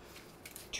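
The plastic legs of a small push-button mini camera tripod are opened, and two short clicks are heard at 0.5 s and 0.6 s. The folding leg lock clicks and the legs lock in place.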